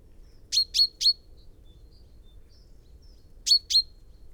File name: Fringilla coelebs